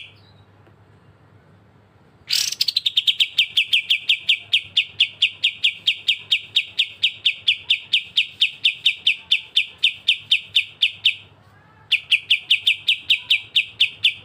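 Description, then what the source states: Streaked spiderhunter delivering a long, fast string of sharp chip notes for about nine seconds, a brief pause, then the same rapid chipping resumes. Energetic, clear, long song, used as a tutor recording for training other birds.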